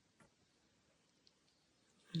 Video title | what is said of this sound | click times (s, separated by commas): Miniature in Tune 2025 / Fantastic classes and great fun! | And that locks into place | 2.2 s